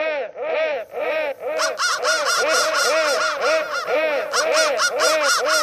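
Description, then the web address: Crow cawing: harsh arched calls repeated rapidly in a steady run, with brighter, higher calls overlapping from about one and a half seconds. "soundfactory crow"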